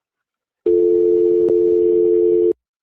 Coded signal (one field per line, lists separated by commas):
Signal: telephone call progress tone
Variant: North America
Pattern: dial tone